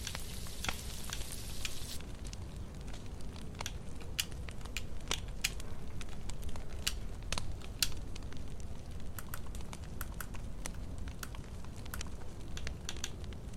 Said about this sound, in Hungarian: Ahogy hallom, megsült. A gombesz.